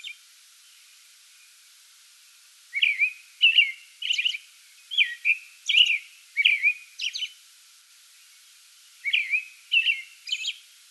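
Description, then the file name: American robin delivering bursts of fluty caroled phrases with high squeaky notes, quiet for nearly three seconds after a brief opening note and for about two seconds near the end. Song bout recorded 8 May 2022. "2022-05-08 American Robin song bout"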